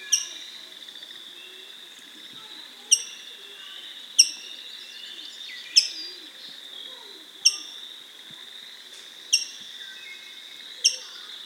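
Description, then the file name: Rose-breasted grosbeak giving seven sharp, squeaky chip notes, each falling quickly in pitch, spaced a second or two apart over a steady high insect-like drone. "Rose breasted Grosbeak Pheucticus ludovicianus"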